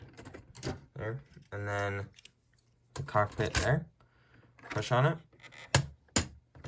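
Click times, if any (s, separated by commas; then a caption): 5.8 s, 6.2 s. A plastic brick cockpit piece is pushed down onto the rebuilt vertical-takeoff configuration of a mech body from set 70596 while someone talks. Two sharp clicks at 5.8 s and 6.2 s mark the cockpit seating, and it is confirmed good.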